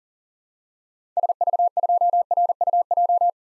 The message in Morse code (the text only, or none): SV2RUJ